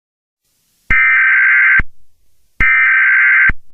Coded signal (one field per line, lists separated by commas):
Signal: Emergency Alert System (SAME) tones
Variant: header bursts